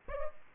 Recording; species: mosquito wingbeat signal from an infrared sensor; Aedes aegypti